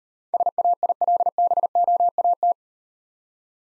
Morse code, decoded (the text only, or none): SAILBOAT